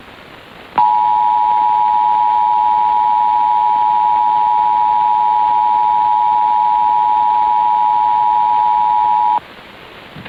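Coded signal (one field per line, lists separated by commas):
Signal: Emergency Alert System (SAME) tones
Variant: 853 and 960 Hz attention tone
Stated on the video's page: Recreated mock of the National Periodic Test as it might appear on a cable system, with valid tones; simulated, not a real broadcast.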